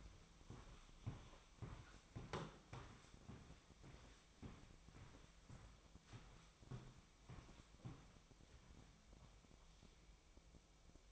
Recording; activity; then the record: daily activity, microphone in the room; walk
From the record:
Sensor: 1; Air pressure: 1001.6 hPa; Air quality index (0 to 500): 222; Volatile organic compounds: 30 ppm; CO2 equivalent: 2961 ppm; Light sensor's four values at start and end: 9/33/12/13 and 9/32/11/13